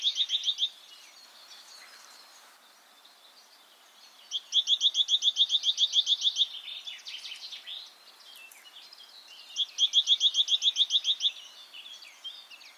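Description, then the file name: Great tit calls: two fast bursts of sharp, evenly repeated notes, each a little under two seconds long, after the tail of another burst at the start, separated by softer twittering and background chatter. "Parus major"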